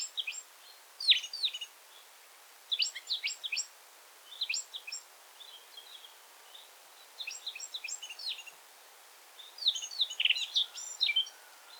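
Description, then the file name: Eurasian blackcap song, softer here: short chattering and warbled phrases repeated every couple of seconds over a faint hiss. "Sylvia atricapilla"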